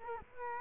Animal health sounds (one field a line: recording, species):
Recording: mosquito wingbeat signal from an infrared sensor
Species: Culex quinquefasciatus